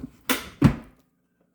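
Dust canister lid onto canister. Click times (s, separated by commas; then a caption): 0.3 s. After emptying, the plastic lid of a Shark vacuum's dust canister is closed onto the canister. A sharp snap is heard at 0.3 s, followed by a second, lower knock around 0.6 s. The lid latches shut.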